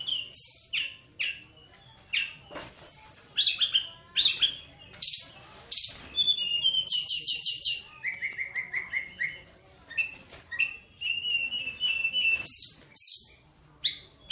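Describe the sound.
Bird song: rich varied mix of whistles, sharp chips, harsh bursts and a steady repeated trill in rapid succession.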